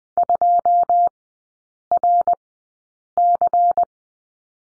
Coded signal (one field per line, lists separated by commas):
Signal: Morse code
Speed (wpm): 20 wpm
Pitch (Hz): 700 Hz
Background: none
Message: 2RC